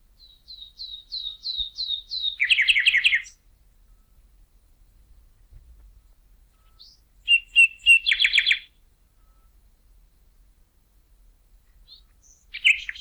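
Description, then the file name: Common nightingale song: a run of several repeated whistles ending in a rich churring burst, later a fast rattling trill and a final short phrase. "Luscinia megarhynchos"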